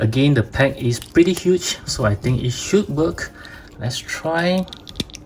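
Someone talks while a swapped plastic head is handled and pushed toward the neck ball peg of an S.H.Figuarts Super Saiyan God Super Saiyan Vegeta action figure body, with two brief sharp sounds near the end. The clip ends before the head goes home, so nothing has seated or clicked yet.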